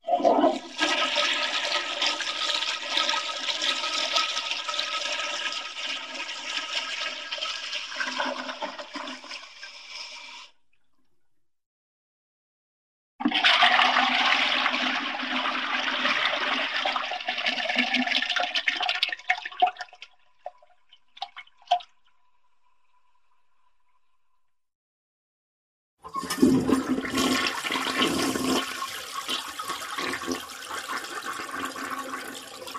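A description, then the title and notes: A toilet flushes three times, each a loud rushing gush of water that fills the bowl and then tapers off. The first runs about ten seconds, the second about seven with a few trailing gurgles, and the third starts near twenty-six seconds with a deeper churning surge. Toilet Flushing.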